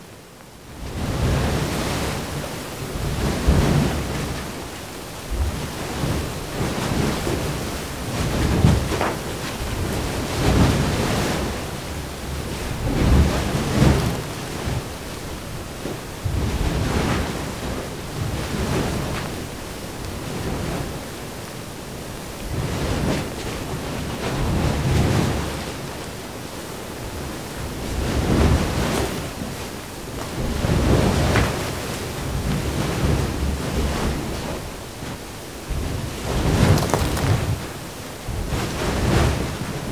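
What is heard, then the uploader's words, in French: Wind roars across Ol Doinyo Lengai in Tanzania, a continuous rushing hiss with a low, rumbling buffet against the microphone. Gusts swell and fade every few seconds, with stronger surges near 3, 14, 25, 30 and 38 seconds. Ol Doinyo Lengai - Tanzanie - Nagra AresBB - stéréo mkh40. Nous ne sommes pas au bord de la mer, mais à plus de deux mille mètres d'altitude au sommet d'un volcan presque unique au monde.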